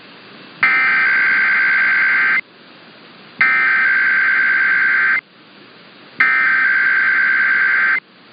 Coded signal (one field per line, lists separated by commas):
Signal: Emergency Alert System (SAME) tones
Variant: header bursts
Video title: Sunday Weeklies (EAS #11899-11902) 7/16/23